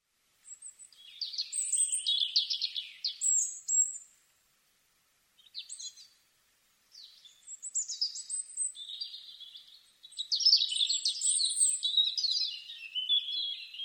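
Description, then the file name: European robin giving high, jangling warbled phrases with brief pauses between them, then a longer, denser tinkling passage with sweeping whistled notes. "Erithacus rubecula"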